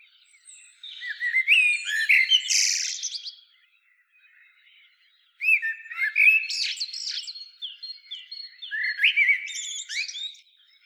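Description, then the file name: Eurasian blackbird singing in two bursts of fluty warbled phrases with high twittering, separated by a short pause, then a third phrase near the end; no low sounds. "Turdus merula"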